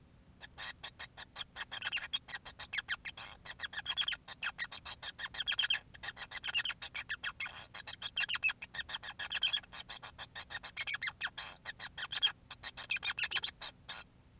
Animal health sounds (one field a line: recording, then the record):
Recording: song of a male Bengalese finch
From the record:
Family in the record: son of father 5